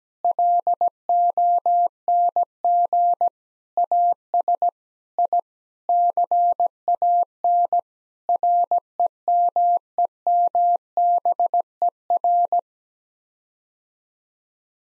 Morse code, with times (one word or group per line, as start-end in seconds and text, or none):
0.2-3.3 LONG
3.8-4.7 AS
5.2-5.4 I
5.9-7.8 CAN
8.3-12.6 REMEMBER